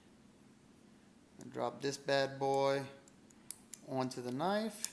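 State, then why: Not seated. A folding knife blade with its bearings is lowered onto the pivot of a Massdrop FFKW Falcon knife while someone talks, with a few brief handling taps between the words. The blade has not clicked into place on the pivot yet, and nothing has seated.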